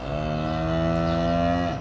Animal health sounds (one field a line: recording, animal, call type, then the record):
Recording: contact call of a hoofed animal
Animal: cattle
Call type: low-frequency (closed-mouth) or high-frequency (open-mouth) call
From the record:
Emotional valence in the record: negative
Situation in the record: full separation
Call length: 1.81 s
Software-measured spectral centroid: 1420 Hz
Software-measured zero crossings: 1260 a second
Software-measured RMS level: -24 dBFS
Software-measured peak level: -11 dBFS